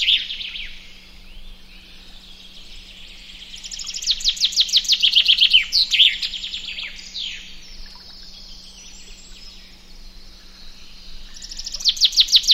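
Common chaffinch song: a rattling trill of bright notes that steps downward and ends in a quick flourish, with a new phrase starting at the end; a faint steady low hum underneath.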